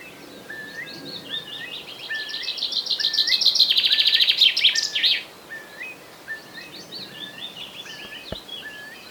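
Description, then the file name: Common Chaffinch song: one loud, rapid rattling trill that builds and cuts off, with soft rising whistled notes repeated before and after. "Fringilla coelebs"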